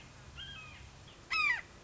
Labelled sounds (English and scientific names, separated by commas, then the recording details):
Red-shouldered Hawk (Buteo lineatus)
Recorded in Sonoma County, California